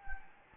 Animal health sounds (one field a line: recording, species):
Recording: mosquito wingbeat signal from an infrared sensor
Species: Anopheles gambiae